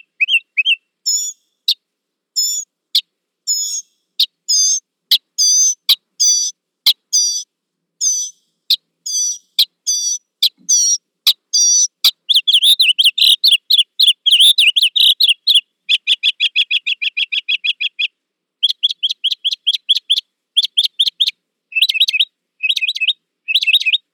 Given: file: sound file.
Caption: Bird A. Mockingbird song material analyzed in this exploratory analysis is from five individual birds.